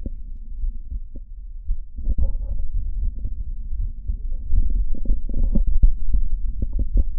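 Adult heart by stethoscope at Botkin's point (Erb's point), patient standing and leaning forward after breathing out and holding the breath. A high-pitched musical systolic murmur of mitral valve prolapse appears, comes and goes with breathing, and becomes constant when the breath is held on expiration.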